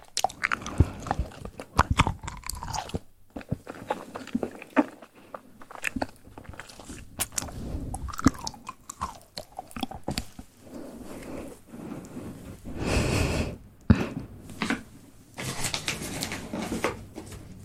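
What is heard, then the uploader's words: Soft mouth sounds fill the clip: wet clicks, smacks and chewing-like crunches arrive in quick irregular clusters, each one short and sharp. A few longer breathy swells rise around the middle and near thirteen seconds, and brief quiet gaps fall between bursts. ASMR Soft Mouth Sounds.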